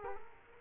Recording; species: mosquito wingbeat signal from an infrared sensor; Culex quinquefasciatus